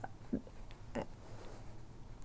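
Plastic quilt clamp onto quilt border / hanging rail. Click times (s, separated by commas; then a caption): 0.0 s, 1.0 s. A plastic quilt-hanging clamp is pressed onto the border of a quilt on a hanging rail, with sharp snapping clicks at 0.0 and 1.0 seconds over a low steady hum. The clamp snaps into place and is seated.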